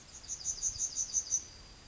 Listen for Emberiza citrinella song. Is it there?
yes